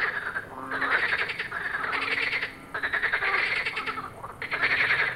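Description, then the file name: Frogs croaking in a continuous, buzzy chorus that swells and dips in strength. "grenouilles"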